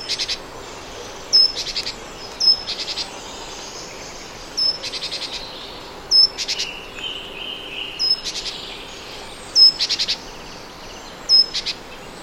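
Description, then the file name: Great tit calling in several repeated bouts, each a brief piercing note and then a short rattling series of high buzzy pulses, with a steady background hiss. "Parus major"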